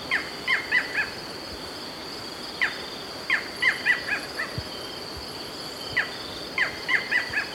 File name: Micrastur ruficollis - Barred Forest Falcon